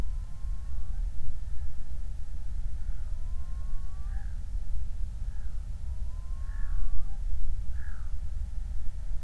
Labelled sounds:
loon
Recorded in the Prudhoe Bay oil fields, Alaska, on 28 July 2019 at 05:42
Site 25

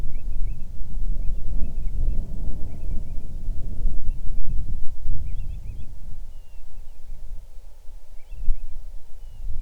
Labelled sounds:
bird, wind
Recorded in the Arctic National Wildlife Refuge, Alaska, on 6 July 2019 at 00:34
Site 39

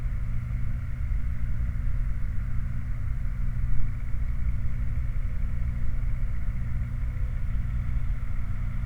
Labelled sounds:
machinery, flare stack
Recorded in the Prudhoe Bay oil fields, Alaska, on 8 July 2019 at 02:28
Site 29

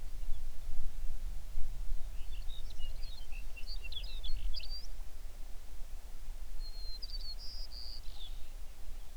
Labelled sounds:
songbird
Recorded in the Prudhoe Bay oil fields, Alaska, on 11 June 2019 at 05:20
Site 21

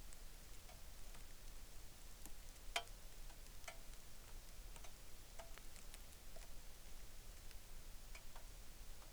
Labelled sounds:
rain
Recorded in the Arctic National Wildlife Refuge, Alaska, on 3 August 2019
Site 33

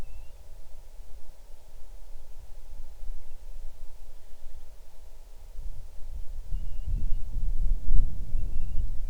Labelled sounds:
bird
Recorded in the Arctic National Wildlife Refuge, Alaska, on 6 July 2019 at 00:34
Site 39

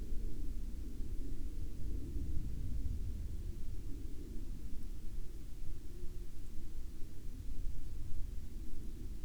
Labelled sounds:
man-made sound
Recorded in the Arctic National Wildlife Refuge, Alaska, on 12 May 2019 at 16:11
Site 35

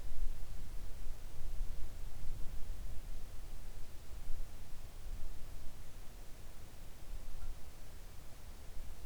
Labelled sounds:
near silence
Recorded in the Arctic National Wildlife Refuge, Alaska, on 3 August 2019 at 06:14
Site 41

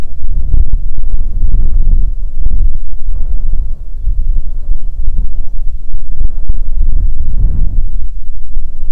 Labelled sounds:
songbird, wind
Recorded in the Prudhoe Bay oil fields, Alaska, on 6 June 2019 at 04:06
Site 16

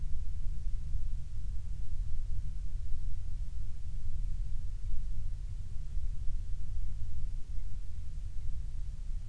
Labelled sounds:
near silence
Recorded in the Prudhoe Bay oil fields, Alaska, on 12 July 2019 at 02:20
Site 16

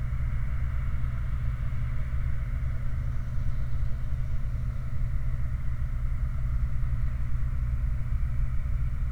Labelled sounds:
machinery, flare stack
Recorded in the Prudhoe Bay oil fields, Alaska, on 29 July 2019 at 04:26
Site 29

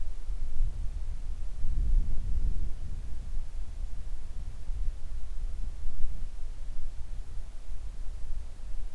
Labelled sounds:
wind
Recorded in the Arctic National Wildlife Refuge, Alaska, on 3 August 2019 at 10:41
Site 41

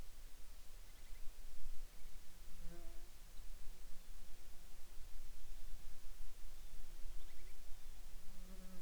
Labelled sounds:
bird, insects
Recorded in the Arctic National Wildlife Refuge, Alaska, on 15 July 2019 at 00:43
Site 44

